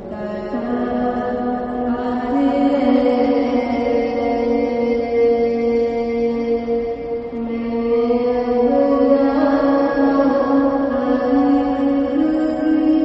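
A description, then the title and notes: A sustained, resonant chant or sung prayer fills the Lotus Temple, with long held tones that step to new pitches every few seconds, shifting around two, seven and nine seconds. The sound stays steady and full throughout, swelling slightly toward the end. Lotus Temple in Dehli by Daniel Braun.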